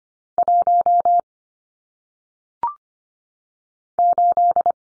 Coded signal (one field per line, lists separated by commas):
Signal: Morse code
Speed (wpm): 25 wpm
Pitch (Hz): 700 Hz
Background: none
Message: 1 8